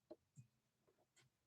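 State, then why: Not seated. Pattern cam D is rotated gently under light pressure as it is handled into the cam stack of a Viking Husqvarna 6460 sewing machine, giving a few soft, short handling taps and rubs. Nothing has seated or clicked yet.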